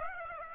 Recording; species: mosquito wingbeat signal from an infrared sensor; Aedes aegypti